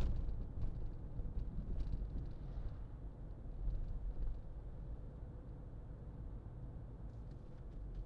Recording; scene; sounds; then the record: everyday scene through a hearing-aid microphone; in a vehicle; engine, highway driving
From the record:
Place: Berlingo II, diesel engine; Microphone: in the ear canal, left